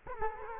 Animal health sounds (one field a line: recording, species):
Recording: mosquito wingbeat signal from an infrared sensor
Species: Culex quinquefasciatus